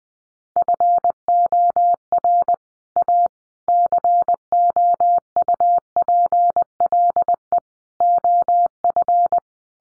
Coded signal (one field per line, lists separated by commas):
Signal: Morse code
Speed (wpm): 20 wpm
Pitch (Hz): 700 Hz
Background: none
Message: FOR A COUPLE OF